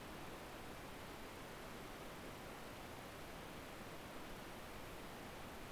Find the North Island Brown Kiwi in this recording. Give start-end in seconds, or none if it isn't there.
none